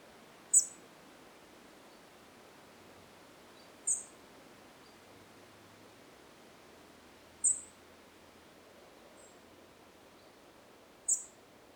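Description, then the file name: European robin calling with sharp, high-pitched single notes repeated roughly every three and a half seconds against quiet, even background noise. "Erithacus rubecula"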